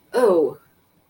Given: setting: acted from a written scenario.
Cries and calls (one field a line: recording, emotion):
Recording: vocal sound without words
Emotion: disgust